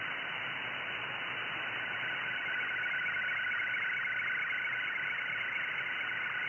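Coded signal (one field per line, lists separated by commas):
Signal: SSTV (slow-scan television)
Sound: continuous warbling, chirping howl that wavers quickly between mid-pitched tones, over hiss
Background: radio static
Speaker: Kind of a bit of an audio howl. It's not the nicest thing to listen to, but you'll see what I mean in a moment.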